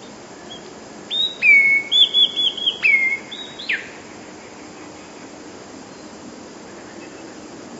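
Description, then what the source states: Passerine: songbird song: clear whistled phrase of steady high notes joined by a quick warbled trill, ending in a sharp downward note, then quiet hiss. Song (śpiew) from a collection of passerine recordings.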